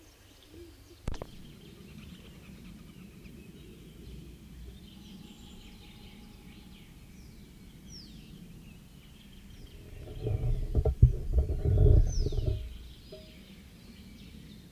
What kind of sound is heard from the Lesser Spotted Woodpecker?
drumming